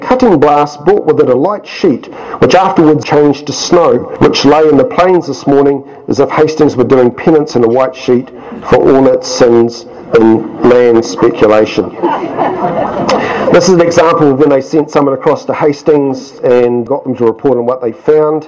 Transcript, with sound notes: ‘A cutting blast brought with it a light sheet which afterward changed to snow which lay on the Plains this morning, as if Hastings was doing penance in a white sheet for all its sins in land speculation.’ [Laughter] This is an example of when they sent someone across to Hastings and got them to report on what they found: